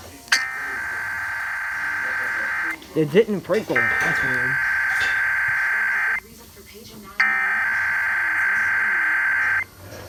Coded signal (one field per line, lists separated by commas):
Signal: Emergency Alert System (SAME) tones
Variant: header bursts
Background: speech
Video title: DC Monthly March 2021: One radio? No problem!(EAS 480-490)